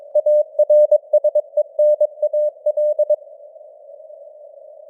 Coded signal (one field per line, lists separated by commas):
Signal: Morse code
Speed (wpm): 22 wpm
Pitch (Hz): 600 Hz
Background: none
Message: ARSENAL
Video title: Morse Code News | 2025-10-31 | 22wpm